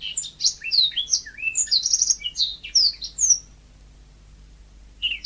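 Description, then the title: Magpie-robin singing a rapid string of sweet whistled and chirped notes, high and varied, which stops for over a second before a new phrase begins. "Kicau Kacer"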